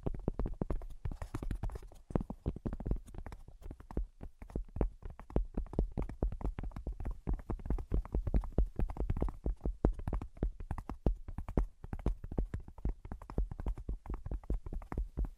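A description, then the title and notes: Rapid, uneven tapping runs throughout, dense clusters of knocks with a low, hollow thud and a steady low hum underneath. ASMR Brain Penetrating 3D Tapping (No Talking).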